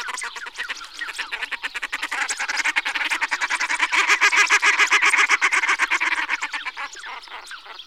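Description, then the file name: Common shelduck calling in a fast, steady run of nasal honking notes, many per second, swelling louder toward the middle and fading at the end. "husice-liščí"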